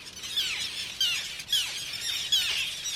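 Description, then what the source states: Common Tern colony chorus: a dense wash of harsh, overlapping high calls with several louder descending squeals rising out of the din. Breeding colony on a tiny island off the coast of Maine, June 2022, during peak hatch with thousands of chicks emerging; very noisy.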